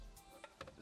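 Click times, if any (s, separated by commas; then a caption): 0.6 s. A small sensor button is pushed back into the glove box housing of a 2015-or-newer Ford F-150 after a cabin air filter swap. A faint tick at 0.4 s leads into a sharp, bright click at 0.6 s, followed by a lighter tick just after. The sensor snaps into place and is confirmed seated.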